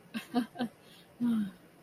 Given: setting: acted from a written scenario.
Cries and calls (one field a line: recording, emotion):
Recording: vocal sound without words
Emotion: embarrassment